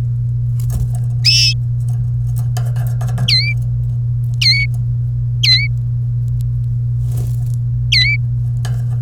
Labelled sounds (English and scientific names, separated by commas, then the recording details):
Domestic Canary (Serinus canaria) song
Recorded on 1 May 2018 at 17:08
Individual llb3